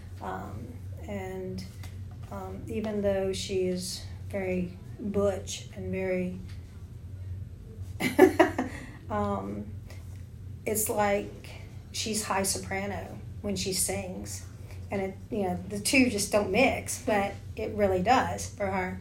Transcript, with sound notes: Um and um even though she is very butch and very... (laughter) um it's like she's high soprano when she sings and you know, the two just don't mix, but it really does, for her.